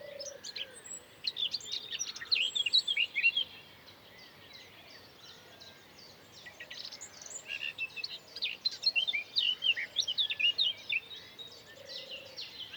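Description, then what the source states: Birds singing, bursts of rapid high chirping and trills in two busy spells, with a soft low cooing note at the start and end. Recorded in the morning.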